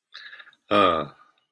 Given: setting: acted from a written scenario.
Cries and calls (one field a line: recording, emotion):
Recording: vocal sound without words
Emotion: pride